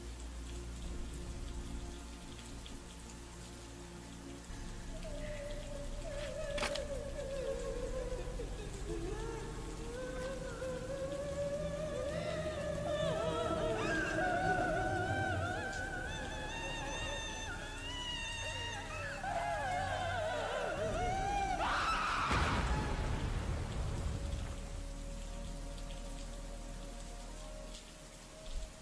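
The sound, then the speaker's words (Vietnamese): Steady rain and wind hiss throughout at night while a wavering, mournful wail rises and falls in pitch above it, ending in a sudden loud crack like thunder before the rain settles back. “Từ khuôn miệng phát ra những tiếng khóc thê lương, tiếng khóc ai oán nỉ nôi, chuyển thành tiếng hét giận dữ trong màn đêm tịch mịch, lẫn trong mưa gió lại bắt đầu phủ xuống.”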